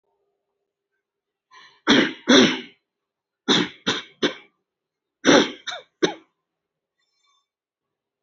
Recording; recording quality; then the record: heavy voluntary cough; excellent, no background noise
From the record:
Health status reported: healthy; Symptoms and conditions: none ticked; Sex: male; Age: 53 years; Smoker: not ticked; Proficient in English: yes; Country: India